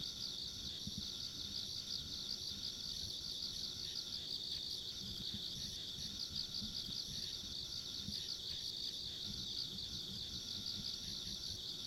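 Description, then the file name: Dense insect chirping carries on evenly throughout, with a fainter high-pitched buzz and low background rumbling. Ambient insect sounds recorded along a rural country road. "田舎道の虫の環境音"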